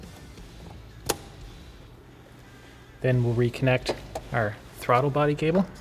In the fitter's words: now we just push this hose back on until it snaps in place then